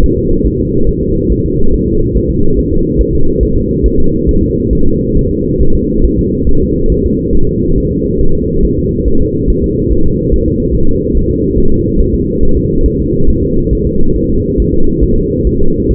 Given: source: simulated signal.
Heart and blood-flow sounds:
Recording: fetal heart sounds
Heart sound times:
0.04 s: S1
0.18 s: S2
0.47 s: S1
0.60 s: S2
0.89 s: S1
1.03 s: S2
1.32 s: S1
1.46 s: S2
1.74 s: S1
1.88 s: S2
2.17 s: S1
2.31 s: S2
2.59 s: S1
2.73 s: S2
3.01 s: S1
3.15 s: S2
3.43 s: S1
3.57 s: S2
3.86 s: S1
4.00 s: S2
4.29 s: S1
4.43 s: S2
4.73 s: S1
4.87 s: S2
5.17 s: S1
5.31 s: S2
5.62 s: S1
5.75 s: S2
6.05 s: S1
6.19 s: S2
6.49 s: S1
6.63 s: S2
6.92 s: S1
7.06 s: S2
7.35 s: S1
7.49 s: S2
7.78 s: S1
7.92 s: S2
8.21 s: S1
8.35 s: S2
8.65 s: S1
8.79 s: S2
9.08 s: S1
9.22 s: S2
9.50 s: S1
9.64 s: S2
9.92 s: S1
10.06 s: S2
10.34 s: S1
10.48 s: S2
10.75 s: S1
10.89 s: S2
11.17 s: S1
11.31 s: S2
11.58 s: S1
11.72 s: S2
12.01 s: S1
12.14 s: S2
12.43 s: S1
12.57 s: S2
12.86 s: S1
13.00 s: S2
13.30 s: S1
13.44 s: S2
13.73 s: S1
13.87 s: S2
14.16 s: S1
14.30 s: S2
14.60 s: S1
14.74 s: S2
15.04 s: S1
15.18 s: S2
15.47 s: S1
15.61 s: S2
15.91 s: S1
From the record:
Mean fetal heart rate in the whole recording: 140 bpm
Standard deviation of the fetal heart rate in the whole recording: 2 bpm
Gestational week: 34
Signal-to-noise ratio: -19.1 dB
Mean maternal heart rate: 72 bpm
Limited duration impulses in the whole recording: present

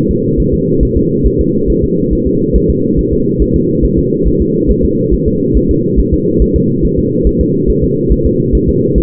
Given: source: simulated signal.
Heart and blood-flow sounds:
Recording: fetal heart sounds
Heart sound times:
0.11 s: S2
0.40 s: S1
0.54 s: S2
0.83 s: S1
0.97 s: S2
1.27 s: S1
1.41 s: S2
1.70 s: S1
1.84 s: S2
2.13 s: S1
2.27 s: S2
2.56 s: S1
2.70 s: S2
2.99 s: S1
3.13 s: S2
3.42 s: S1
3.56 s: S2
3.85 s: S1
3.99 s: S2
4.28 s: S1
4.42 s: S2
4.70 s: S1
4.85 s: S2
5.14 s: S1
5.28 s: S2
5.57 s: S1
5.71 s: S2
6.00 s: S1
6.14 s: S2
6.42 s: S1
6.56 s: S2
6.85 s: S1
6.99 s: S2
7.27 s: S1
7.41 s: S2
7.70 s: S1
7.84 s: S2
8.12 s: S1
8.26 s: S2
8.55 s: S1
8.69 s: S2
8.98 s: S1
From the record:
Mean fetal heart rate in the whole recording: 140 bpm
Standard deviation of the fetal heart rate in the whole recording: 2 bpm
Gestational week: 34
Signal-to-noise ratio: -11.2 dB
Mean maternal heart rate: 72 bpm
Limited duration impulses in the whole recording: present

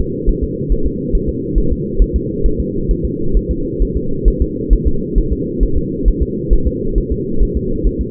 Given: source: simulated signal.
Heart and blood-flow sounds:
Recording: fetal heart sounds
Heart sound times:
0.00 s: S2
0.29 s: S1
0.44 s: S2
0.72 s: S1
0.87 s: S2
1.15 s: S1
1.29 s: S2
1.58 s: S1
1.72 s: S2
2.02 s: S1
2.16 s: S2
2.46 s: S1
2.60 s: S2
2.91 s: S1
3.05 s: S2
3.37 s: S1
3.51 s: S2
3.82 s: S1
3.97 s: S2
4.28 s: S1
4.42 s: S2
4.73 s: S1
4.88 s: S2
5.18 s: S1
5.33 s: S2
5.63 s: S1
5.77 s: S2
6.08 s: S1
6.22 s: S2
6.53 s: S1
6.67 s: S2
6.98 s: S1
7.12 s: S2
7.43 s: S1
7.57 s: S2
7.87 s: S1
8.01 s: S2
From the record:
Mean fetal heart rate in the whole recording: 135 bpm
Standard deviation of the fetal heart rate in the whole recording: 3 bpm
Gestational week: 36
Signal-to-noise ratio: -8.1 dB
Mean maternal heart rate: 72 bpm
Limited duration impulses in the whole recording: absent

